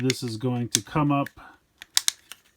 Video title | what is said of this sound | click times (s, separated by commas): Transformers Shattered Glass Grimlock Review | and click on there like so | 2.0 s